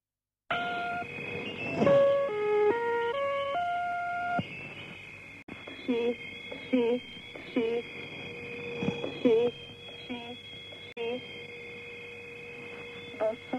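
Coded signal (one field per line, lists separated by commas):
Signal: numbers station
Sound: short stepping electronic tone melody, then evenly spaced short spoken words over steady hum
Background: radio static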